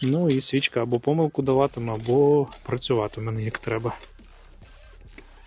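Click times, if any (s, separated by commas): 5.2 s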